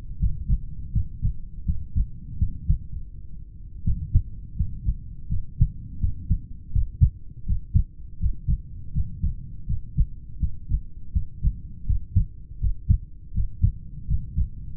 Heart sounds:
heart sounds by stethoscope; 82 bpm
0.17 s: heartbeat
0.91 s: heartbeat
1.64 s: heartbeat
2.37 s: heartbeat
2.99 s: heartbeat
3.83 s: heartbeat
4.54 s: heartbeat
5.27 s: heartbeat
5.98 s: heartbeat
6.71 s: heartbeat
7.44 s: heartbeat
8.17 s: heartbeat
8.91 s: heartbeat
9.65 s: heartbeat
10.38 s: heartbeat
11.11 s: heartbeat
11.84 s: heartbeat
12.58 s: heartbeat
13.32 s: heartbeat
14.05 s: heartbeat
From the record:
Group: heart failure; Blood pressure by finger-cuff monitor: 79/55 mmHg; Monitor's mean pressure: 60 mmHg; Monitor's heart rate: 81 bpm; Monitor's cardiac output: 6.5 L/min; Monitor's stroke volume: 79 mL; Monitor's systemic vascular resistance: 650 dyn s/cm5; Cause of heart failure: idiopathic cardiomyopathy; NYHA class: 2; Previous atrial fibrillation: present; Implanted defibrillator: present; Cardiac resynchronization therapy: present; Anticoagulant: warfarin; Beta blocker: metoprolol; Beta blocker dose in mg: 50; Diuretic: furosemide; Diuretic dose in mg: 40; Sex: male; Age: 62 years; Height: 184 cm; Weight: 101 kg

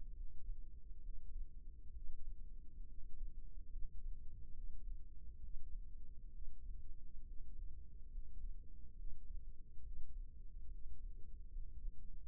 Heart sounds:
heart sounds by microphone in the left ear; 69 bpm
0.16 s: heartbeat
1.03 s: heartbeat
1.95 s: heartbeat
2.88 s: heartbeat
3.72 s: heartbeat
4.54 s: heartbeat
5.42 s: heartbeat
6.33 s: heartbeat
7.26 s: heartbeat
8.12 s: heartbeat
8.97 s: heartbeat
9.84 s: heartbeat
10.71 s: heartbeat
11.52 s: heartbeat
From the record:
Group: healthy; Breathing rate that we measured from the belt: 16 breaths a minute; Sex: male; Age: 22 years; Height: 181 cm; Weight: 79 kg

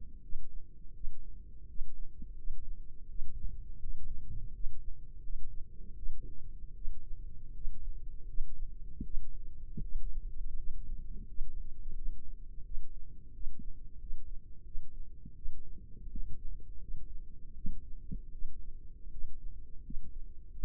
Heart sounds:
heart sounds by microphone in the left ear; 83 bpm
0.20 s: heartbeat
0.92 s: heartbeat
1.66 s: heartbeat
2.34 s: heartbeat
3.06 s: heartbeat
3.79 s: heartbeat
4.51 s: heartbeat
5.20 s: heartbeat
5.94 s: heartbeat
6.73 s: heartbeat
7.52 s: heartbeat
8.25 s: heartbeat
9.02 s: heartbeat
9.80 s: heartbeat
10.55 s: heartbeat
11.25 s: heartbeat
11.94 s: heartbeat
12.63 s: heartbeat
13.31 s: heartbeat
13.97 s: heartbeat
14.63 s: heartbeat
15.34 s: heartbeat
16.08 s: heartbeat
16.79 s: heartbeat
17.53 s: heartbeat
18.31 s: heartbeat
19.10 s: heartbeat
19.82 s: heartbeat
20.51 s: heartbeat
From the record:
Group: healthy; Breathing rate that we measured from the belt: 10 breaths a minute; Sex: female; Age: 22 years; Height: 163 cm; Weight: 67.1 kg

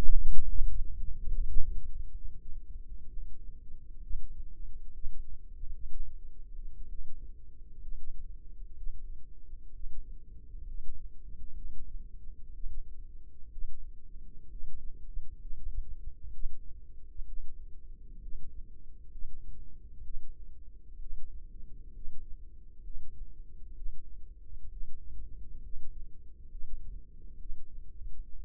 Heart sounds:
heart sounds by microphone in the left ear; 64 bpm
0.26 s: heartbeat
1.16 s: heartbeat
2.09 s: heartbeat
3.08 s: heartbeat
4.00 s: heartbeat
4.91 s: heartbeat
5.87 s: heartbeat
6.85 s: heartbeat
7.79 s: heartbeat
8.74 s: heartbeat
9.71 s: heartbeat
10.64 s: heartbeat
11.54 s: heartbeat
12.51 s: heartbeat
13.49 s: heartbeat
14.48 s: heartbeat
15.38 s: heartbeat
16.30 s: heartbeat
17.24 s: heartbeat
18.19 s: heartbeat
19.08 s: heartbeat
20.01 s: heartbeat
20.97 s: heartbeat
21.91 s: heartbeat
22.81 s: heartbeat
23.73 s: heartbeat
24.68 s: heartbeat
25.60 s: heartbeat
26.48 s: heartbeat
27.36 s: heartbeat
28.31 s: heartbeat
From the record:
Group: healthy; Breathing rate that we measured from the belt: 16 breaths a minute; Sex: female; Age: 36 years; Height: 163 cm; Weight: 88 kg

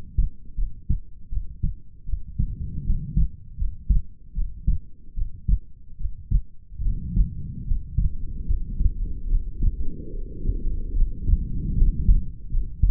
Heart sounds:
heart sounds by stethoscope; 75 bpm
0.55 s: heartbeat
1.29 s: heartbeat
2.05 s: heartbeat
2.83 s: heartbeat
3.56 s: heartbeat
4.33 s: heartbeat
5.14 s: heartbeat
5.97 s: heartbeat
6.82 s: heartbeat
7.64 s: heartbeat
8.45 s: heartbeat
9.28 s: heartbeat
10.11 s: heartbeat
10.94 s: heartbeat
11.75 s: heartbeat
12.49 s: heartbeat
From the record:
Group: healthy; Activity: rest 0-11 s, Valsalva maneuver 11-13 s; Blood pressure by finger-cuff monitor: 100/68 mmHg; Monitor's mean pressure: 78 mmHg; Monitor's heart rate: 76 bpm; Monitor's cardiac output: 5.5 L/min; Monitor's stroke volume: 75 mL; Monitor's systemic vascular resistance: 1010 dyn s/cm5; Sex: female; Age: 22 years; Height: 160 cm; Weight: 45 kg

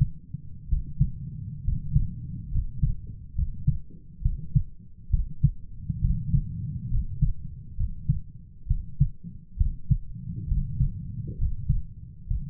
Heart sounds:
heart sounds by stethoscope; 67 bpm
0.68 s: heartbeat
1.63 s: heartbeat
2.51 s: heartbeat
3.34 s: heartbeat
4.22 s: heartbeat
5.10 s: heartbeat
6.00 s: heartbeat
6.90 s: heartbeat
7.76 s: heartbeat
8.67 s: heartbeat
9.57 s: heartbeat
10.47 s: heartbeat
11.37 s: heartbeat
12.27 s: heartbeat
From the record:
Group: healthy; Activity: rest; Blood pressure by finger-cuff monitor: 129/78 mmHg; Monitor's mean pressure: 93 mmHg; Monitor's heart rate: 66 bpm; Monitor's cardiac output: 7.1 L/min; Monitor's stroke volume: 109 mL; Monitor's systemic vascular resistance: 950 dyn s/cm5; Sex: male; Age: 23 years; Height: 178 cm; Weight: 96.6 kg

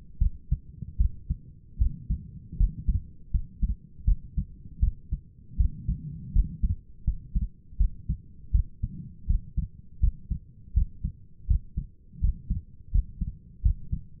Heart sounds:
heart sounds by stethoscope; 80 bpm
0.19 s: heartbeat
0.98 s: heartbeat
1.79 s: heartbeat
2.58 s: heartbeat
3.32 s: heartbeat
4.05 s: heartbeat
4.80 s: heartbeat
5.58 s: heartbeat
6.33 s: heartbeat
7.05 s: heartbeat
7.78 s: heartbeat
8.52 s: heartbeat
9.27 s: heartbeat
10.01 s: heartbeat
10.74 s: heartbeat
11.48 s: heartbeat
12.21 s: heartbeat
12.92 s: heartbeat
13.63 s: heartbeat
From the record:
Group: healthy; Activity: rest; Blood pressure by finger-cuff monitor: 123/79 mmHg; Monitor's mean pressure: 94 mmHg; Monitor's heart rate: 81 bpm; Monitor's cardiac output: 6.2 L/min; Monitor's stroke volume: 77 mL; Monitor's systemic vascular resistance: 1160 dyn s/cm5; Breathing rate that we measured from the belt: 18 breaths a minute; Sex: female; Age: 37 years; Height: 168 cm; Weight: 70 kg

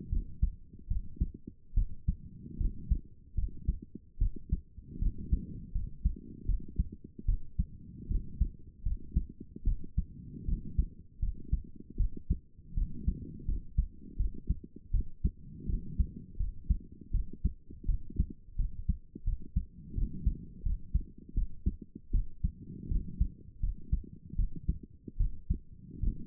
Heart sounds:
heart sounds by stethoscope; 79 bpm
0.09 s: heartbeat
0.87 s: heartbeat
1.74 s: heartbeat
2.57 s: heartbeat
3.35 s: heartbeat
4.18 s: heartbeat
4.99 s: heartbeat
5.72 s: heartbeat
6.45 s: heartbeat
7.25 s: heartbeat
8.08 s: heartbeat
8.83 s: heartbeat
9.64 s: heartbeat
10.45 s: heartbeat
11.19 s: heartbeat
11.96 s: heartbeat
12.74 s: heartbeat
13.45 s: heartbeat
14.16 s: heartbeat
14.91 s: heartbeat
15.66 s: heartbeat
16.37 s: heartbeat
17.11 s: heartbeat
17.85 s: heartbeat
18.56 s: heartbeat
19.24 s: heartbeat
19.94 s: heartbeat
20.63 s: heartbeat
21.34 s: heartbeat
22.11 s: heartbeat
22.88 s: heartbeat
23.60 s: heartbeat
24.36 s: heartbeat
25.17 s: heartbeat
26.00 s: heartbeat
From the record:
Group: healthy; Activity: cold pressor test 0-1 s, rest 1-26 s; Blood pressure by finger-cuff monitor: 138/74 mmHg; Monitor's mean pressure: 94 mmHg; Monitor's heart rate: 79 bpm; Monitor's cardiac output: 7.2 L/min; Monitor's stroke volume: 92 mL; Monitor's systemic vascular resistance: 970 dyn s/cm5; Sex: female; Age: 22 years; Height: 154 cm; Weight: 58.7 kg

